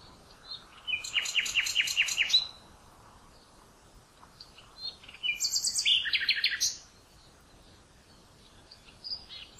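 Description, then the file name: Common nightingale song with two phrases of rapid, rhythmically repeated chirping notes, separated by a few seconds of near quiet with faint background noise. "Luscinia megarhynchos"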